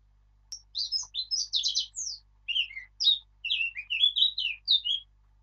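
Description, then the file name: Eurasian blackcap song: a fast warbling start of scratchy notes flowing into a loud series of clear fluty whistles. "Sylvia atricapilla"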